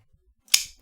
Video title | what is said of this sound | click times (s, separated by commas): Olamic Wayfarer 247 & Curtis Knives F3 Compact - Small Details Overview & First Impressions - Knives | i love it it it has such an incredibly crisp break and such an authority to pop into place | 0.5 s